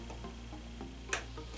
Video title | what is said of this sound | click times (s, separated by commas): Building Your First Custom PC: For beginners | clicks right in place i'm going to take my cable i'm going to run it through for cable management purposes | 1.1 s